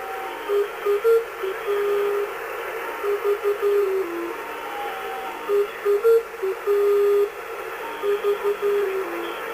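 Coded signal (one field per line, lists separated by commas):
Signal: numbers station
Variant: Lincolnshire Poacher (E3)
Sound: electronic folk-tune phrases of short and held notes repeating over shortwave hiss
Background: radio static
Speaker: her yayında bir İngiliz halk şarkısı olan the line corse poer çalınıyor ve ardından bir kadın sesi sayılar okuyordu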